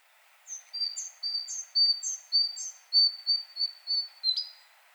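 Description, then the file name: Great tit calls run together in a rapid string of about a dozen high notes, the early ones topped by a sharper, higher chip. "Parus major"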